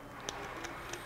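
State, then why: Seated. With no air pressure on, the quick-disconnect collar of a scuba low-pressure inflator hose is pulled back, slipped onto the BCD inflator valve nipple and pushed on. The metal coupling gives a sharp click at 0.3 s, followed by a fainter tick at 0.9 s. The hose is seated on the inflator.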